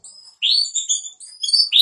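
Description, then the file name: Spanish giboso canary giving a short burst of high, thin whistled and warbled notes. "canto do canario giboso espanhol"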